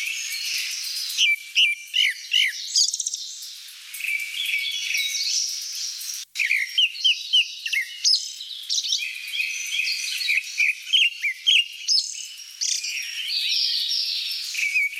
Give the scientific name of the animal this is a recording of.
Turdus hortulorum